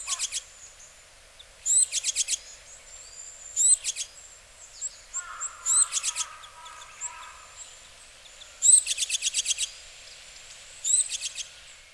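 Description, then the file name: Japanese tit calls in rapid clusters of five to eight sharp, high ticking notes every two or three seconds, with a lower chattering call briefly overlapping midway. Recorded in Hyogo, Japan. "sijuukara 8 0903 hyogo kaji"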